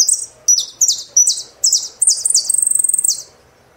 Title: Jilguero Argentino